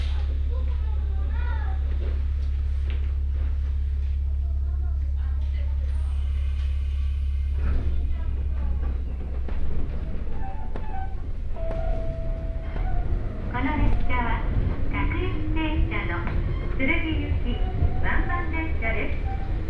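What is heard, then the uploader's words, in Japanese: A ride on the Hokuriku Railway Ishikawa Line from Nomachi toward Tsurugi: a steady low hum runs under voices, likely an announcement, for the first seven seconds. Then the train rumbles into motion, with a brief tone near thirteen seconds and a rising motor whine. 鉄道旅 北陸鉄道石川線 野町→鶴来。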